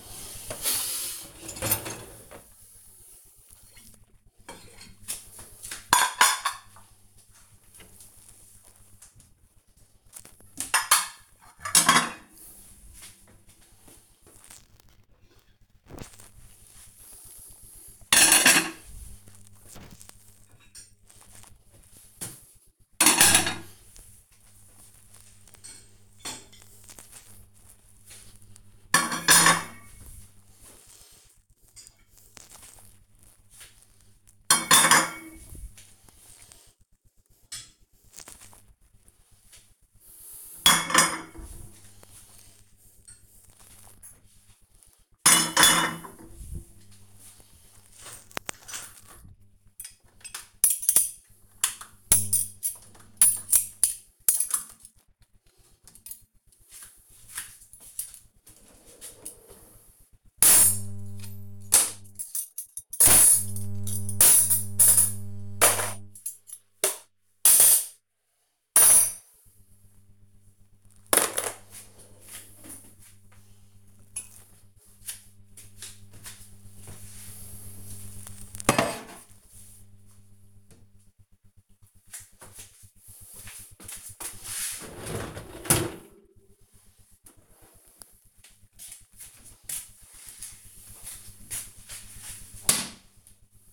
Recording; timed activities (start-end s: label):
household activities, microphone on the right wrist
0.00-89.41 s: cleaning out the dishwasher